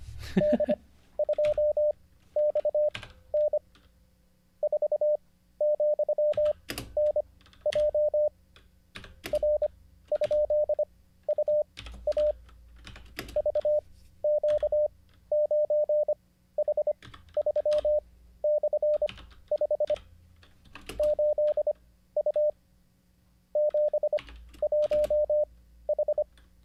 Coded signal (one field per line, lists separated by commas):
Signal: Morse code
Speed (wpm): 25 wpm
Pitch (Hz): 600 Hz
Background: none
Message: D2XN 4,NJ R?UA VQ9H3/5 8U 71H